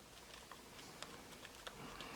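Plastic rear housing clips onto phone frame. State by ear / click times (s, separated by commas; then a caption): seated / 0.5 s, 1.0 s, 1.4 s, 1.7 s, 2.0 s. A plastic rear housing is pressed down onto the frame of a Galaxy Note Edge phone so its clips engage. Five short, sharp clicks are heard at about 0.5, 1.0, 1.5, 1.7 and 2.0 seconds. The housing clips snap into place and the housing is seated.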